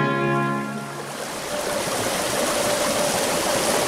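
A steady, full rush of flowing stream water that swells and stays loud and constant, opening with a brief low droning tone that fades out in the first second.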